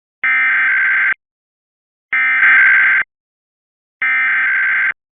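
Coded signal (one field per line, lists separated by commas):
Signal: Emergency Alert System (SAME) tones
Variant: header bursts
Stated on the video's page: Two required monthly tests broadcast on a public TV station, one a scroll and one from a DASDEC encoder.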